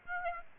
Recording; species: mosquito wingbeat signal from an infrared sensor; Aedes aegypti